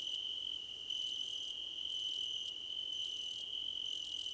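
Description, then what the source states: Cricket chorus: an even, continuous high trill with thin, higher chirp dashes repeating roughly every second above it. Crickets in a chorus, described as a choir competition.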